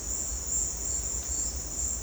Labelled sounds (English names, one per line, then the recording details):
none
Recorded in dense forest near Puerto Asís, Putumayo, Colombia, on 18 December 2024 at 11:00
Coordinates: 0.466, -76.327
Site G075